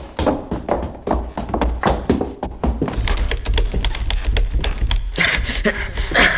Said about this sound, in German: Verflixt. Sie ist zu. Sie muss doch wieder aufgehen. Sie geht aber nicht auf.